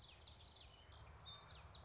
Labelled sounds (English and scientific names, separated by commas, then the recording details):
Common Yellowthroat (Geothlypis trichas)
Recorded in Sonoma County, California